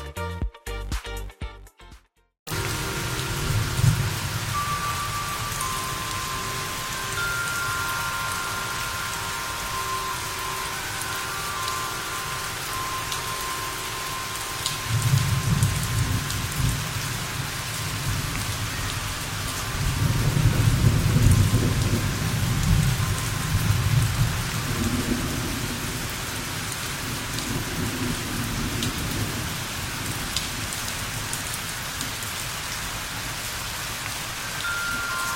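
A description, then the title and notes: Steady dense rain hisses while faint wind chime tones ring softly, with low rumbles swelling around fifteen and twenty seconds. The wind chime that heals in rainy days.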